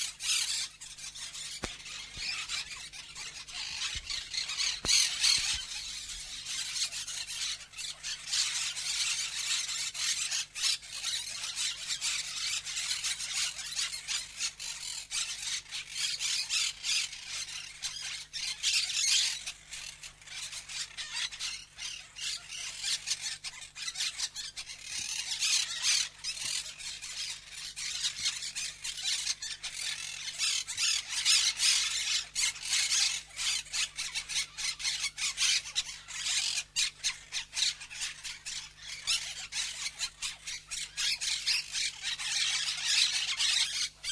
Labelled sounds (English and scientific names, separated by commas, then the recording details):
Monk Parakeet (Myiopsitta monachus) call
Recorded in captivity
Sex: group
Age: adult
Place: Zoo Halle, Sachsen-Anhalt, DE
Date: 2007-10-08 14:55
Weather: sonnig, 14°C
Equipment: Sony WM-D6C, Sennheiser ME 80, Kopie Uher 4000 Report Monitor
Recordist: Tembrock, Günter